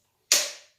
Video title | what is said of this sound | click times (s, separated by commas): Dewalt Router and a Kreg Router Table. | up in there snapped into place | 0.3 s